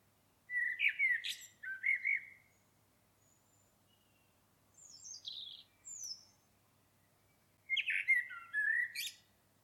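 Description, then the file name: Common blackbird song: two low, fluted warbling phrases, each ending in a squeaky twitter, with soft high squeaks between them in quiet surroundings. "Turdus merula"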